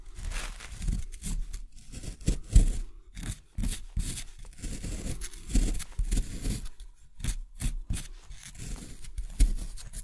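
Excavation kit tools scrape and scratch in short, uneven bursts, with irregular crunchy strokes and small thuds near three, six and nine seconds.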